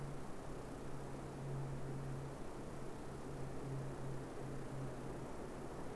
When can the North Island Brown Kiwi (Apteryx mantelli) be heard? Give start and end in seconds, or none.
none